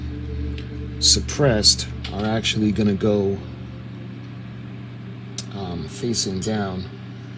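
A plastic hull section of a FanHome U.S.S. Enterprise-D model starship kit is handled and positioned facing down as someone talks over a low steady hum, with sharp ticks at about 0.6 s and 5.4 s. Nothing has seated or clicked into place yet.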